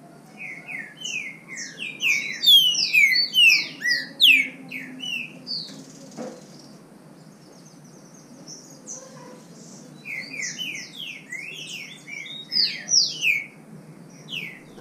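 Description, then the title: Green-winged saltator delivers dense bursts of slurred whistles, then a quiet gap, then another burst. Bird named Nicão, in the bush, competing in song with a free-living bird. "Trinca Ferro NICÃ O No Mato Disputando Com Solto"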